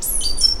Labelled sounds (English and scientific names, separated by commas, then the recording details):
Stitchbird (Notiomystis cincta) song
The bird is a male
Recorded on Tiritiri Matangi Island, New Zealand, in 2005
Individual 2, of nest box 2